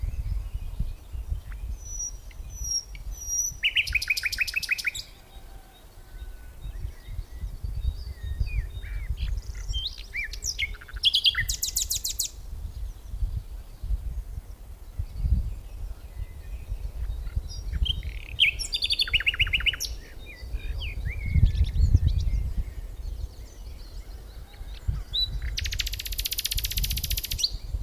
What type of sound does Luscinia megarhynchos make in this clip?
song